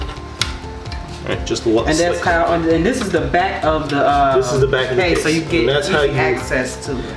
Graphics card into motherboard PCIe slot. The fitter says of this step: now you should shouldn't have to push too hard but you should hear a click just